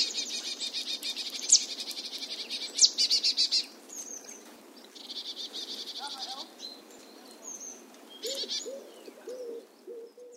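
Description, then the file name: Marsh tit calls: repeated bursts of fast buzzy notes with sharp high chips and thin whistles; low wavering calls of another bird come in near the end. "Poecile palustris"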